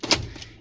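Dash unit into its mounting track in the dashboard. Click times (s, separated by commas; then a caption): 0.0 s. A dash unit on a 2002 Ford Econoline E150/E250/E350 van, aligned on all four corners, is slid like a drawer onto its mounting track in the dashboard. A sharp snap at 0.0 s shows it seating, followed by a brief louder rattle around 0.1 s that fades. The unit snaps into place and stays there.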